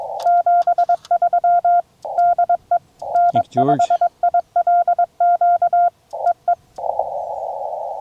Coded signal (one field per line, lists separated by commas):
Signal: Morse code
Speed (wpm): 22 wpm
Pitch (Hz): 1400 Hz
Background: speech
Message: 73 DE N5ILQ EE